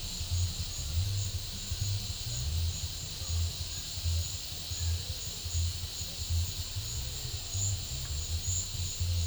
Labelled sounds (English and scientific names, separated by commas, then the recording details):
none
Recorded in pastures near Puerto Asís, Putumayo, Colombia, on 22 December 2024 at 13:30
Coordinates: 0.496, -76.326
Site G004